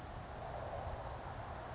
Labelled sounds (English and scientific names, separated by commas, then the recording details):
Western Flycatcher (Empidonax difficilis)
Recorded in Sonoma County, California